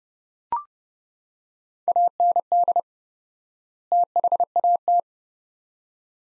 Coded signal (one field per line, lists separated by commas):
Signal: Morse code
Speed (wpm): 31 wpm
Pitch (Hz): 700 Hz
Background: none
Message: AND THAT